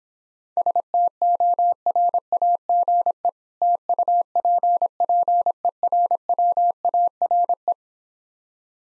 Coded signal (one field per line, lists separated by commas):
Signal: Morse code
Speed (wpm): 26 wpm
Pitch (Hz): 700 Hz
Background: none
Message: STORAGE TUPPERWARE